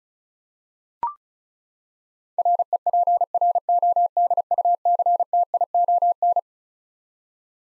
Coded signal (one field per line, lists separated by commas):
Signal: Morse code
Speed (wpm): 34 wpm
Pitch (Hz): 700 Hz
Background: none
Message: REPRODUCTION